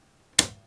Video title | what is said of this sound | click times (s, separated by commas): How To Use Your 12x24" Mat to Make Large Cardstock Projects | So I'm going to open up the pen, load it in, hear a click, and close the clamp. | 0.4 s